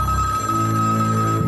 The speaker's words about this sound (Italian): Poi, finalmente, il telefono squilla. È il 20 novembre.